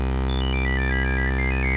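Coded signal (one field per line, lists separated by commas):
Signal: none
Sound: synthesizer music tones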